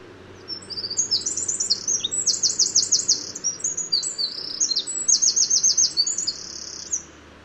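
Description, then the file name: Eurasian wren singing a long, energetic song of very high, fast trills and sharp twittering notes lasting over six seconds, with a faint low background hum. "Troglodytes troglodytes"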